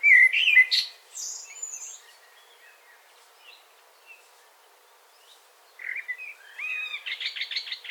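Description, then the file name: Common blackbird song: a loud mellow warble ending in high squeaky twitters, a quiet gap, then another phrase closing in rapid buzzy repeated notes. "Turdus merula"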